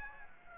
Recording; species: mosquito wingbeat signal from an infrared sensor; Aedes aegypti